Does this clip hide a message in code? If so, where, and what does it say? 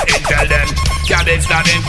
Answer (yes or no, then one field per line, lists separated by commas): no